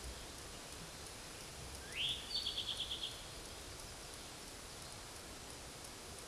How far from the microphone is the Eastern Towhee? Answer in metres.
about 20 m